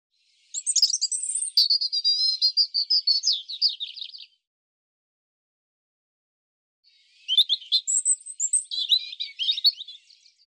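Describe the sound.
European robin song in two phrases: a high whistled opening sliding into a rapid trilling warble, a pause of about three seconds, then another varied twittering phrase.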